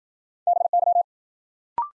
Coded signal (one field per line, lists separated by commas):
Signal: Morse code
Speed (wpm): 53 wpm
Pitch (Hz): 700 Hz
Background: none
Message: BY